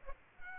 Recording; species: mosquito wingbeat signal from an infrared sensor; Aedes aegypti